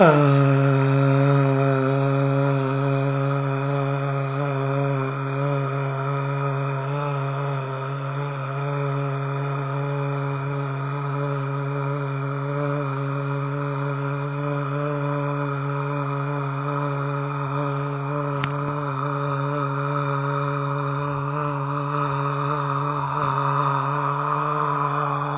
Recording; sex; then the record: sustained vowel /a/; male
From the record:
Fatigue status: no fatigue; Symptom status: asymptomatic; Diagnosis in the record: COVID-19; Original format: 3gp